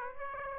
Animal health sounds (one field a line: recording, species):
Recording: mosquito wingbeat signal from an infrared sensor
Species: Aedes aegypti